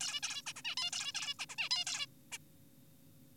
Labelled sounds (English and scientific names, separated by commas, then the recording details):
Zebra Finch (Taeniopygia guttata)
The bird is an adult
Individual g4p5U